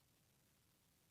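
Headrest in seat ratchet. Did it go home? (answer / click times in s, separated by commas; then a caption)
no / none. A car headrest is being pulled forward in its seat ratchet toward the first of three ratchet settings. Only steady, low-level broadband noise is heard, with no distinct sounds. Nothing has seated or clicked yet.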